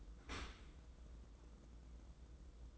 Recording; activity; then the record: daily activity, microphone in the room; open dishwasher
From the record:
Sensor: 3